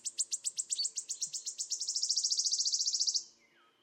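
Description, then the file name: Wood warbler song: a loud, high shivering trill that starts as separate ticks, quickens into a fast buzzing roll, then stops abruptly. "Mathias Ritschard - Penochka-trecshotka Phylloscopus sibilatrix"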